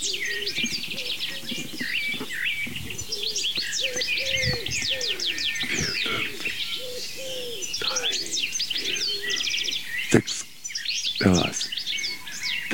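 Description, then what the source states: Common wood pigeon song: deep, soft cooing phrases of several syllables repeated in a series, over a busy chorus of high chirping songbirds, with a few sharp clicks near the end. A series of three or four phrases, each of five syllables; many wood pigeons live in the area.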